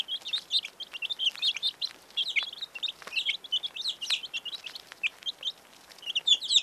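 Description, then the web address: Birds twittering continuously, dense high-pitched chirps and short trills tumbling over one another in rapid, irregular bursts. "ptici ptici"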